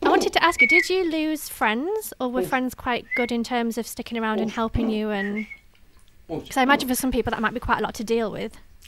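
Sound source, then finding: Adult female speaker. Normal speech.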